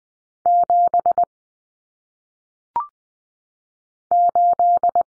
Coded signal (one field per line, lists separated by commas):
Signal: Morse code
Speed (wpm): 20 wpm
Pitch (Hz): 700 Hz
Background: none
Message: 7 8